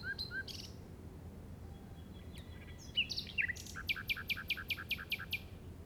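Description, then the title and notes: Common nightingale song, soft notes early, then a loud phrase building into a fast regular series of repeated notes, roughly eight in a row. Recorded in the Llobregat Delta at 06:00 on 8 May 2015 with a Zoom recorder. "Grabación de ruiseñor común (Luscinia megarhynchos) en el Delta del Llobregat a las 06:00 del 08/05/2015."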